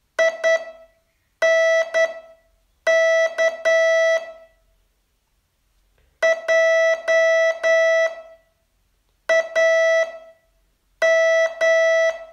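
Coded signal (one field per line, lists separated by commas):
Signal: Morse code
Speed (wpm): 10 wpm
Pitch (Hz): 660 Hz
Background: none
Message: INK JAM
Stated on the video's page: Morse training test from day 36 of a 42-day course.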